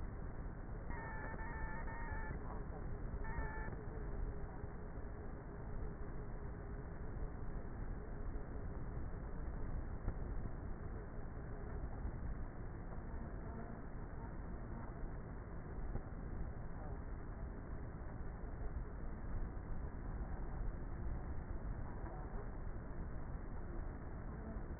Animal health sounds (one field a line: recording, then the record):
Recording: honeybee colony, microphone inside the hive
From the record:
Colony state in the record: queenless with a low population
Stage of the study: before two queens were removed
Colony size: about 30,000 bees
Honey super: no